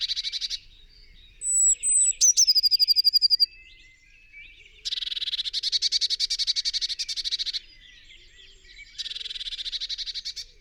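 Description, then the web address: Eurasian blue tit scratchy churring bursts, a short one, then a louder rattle after a high whistled note, followed by two more rapid trills. "SETE Cyanistes caeruleus"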